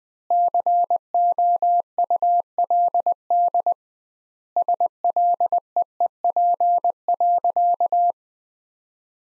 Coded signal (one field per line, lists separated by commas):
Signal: Morse code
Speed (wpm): 20 wpm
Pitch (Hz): 700 Hz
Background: none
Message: COULD SLEEP.